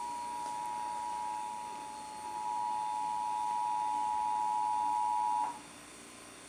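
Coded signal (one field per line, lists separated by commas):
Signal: Emergency Alert System (SAME) tones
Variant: 853 and 960 Hz attention tone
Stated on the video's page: Real AMBER Alert child abduction emergency, recorded off Xfinity Stream on Roku.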